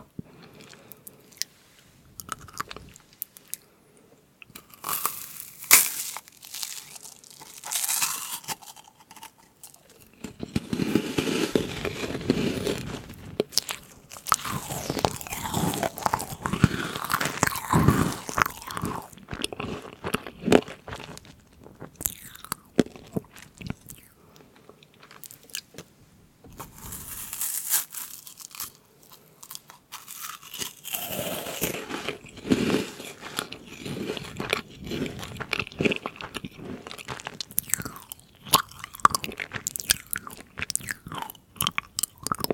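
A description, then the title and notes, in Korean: Eating sounds of macarons, meringue cookies and cake: crisp bites and steady crunchy chewing. The first ten seconds hold only sparse small clicks, then dense crunching runs from about 10 to 22 seconds, eases off, and picks up again from around 30 seconds to the end. 마카롱 머랭쿠키 케이크 먹방 eating sounds. 마카롱 머랭쿠키 케이크 eating sounds.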